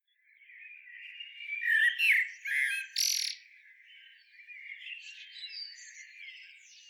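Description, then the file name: Common blackbird singing a rich warbled phrase that ends in loud, scratchy high squeaks, then softer twittering continues in the background. "Turdus merula"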